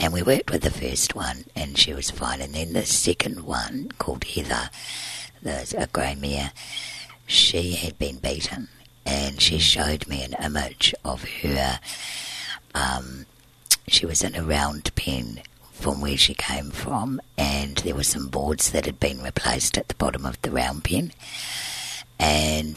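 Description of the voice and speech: An adult woman tells a story fluently in a very low-pitched, rough, creaky voice with little clear tone, pausing often with drawn-out fillers. The hoarse, gravelly quality reflects dysphonia from scarring of one vocal cord during surgery at 20 to remove large laryngeal cysts she was born with. She still breathes through a tracheostomy tube because her airway is so narrow.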